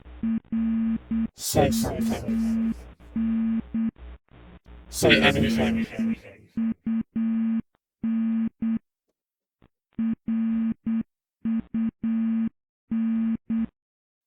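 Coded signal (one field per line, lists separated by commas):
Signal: Morse code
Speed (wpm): 8 wpm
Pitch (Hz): 230 Hz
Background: speech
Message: RUN RUN RUN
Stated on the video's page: Morse code within a fangame puzzle.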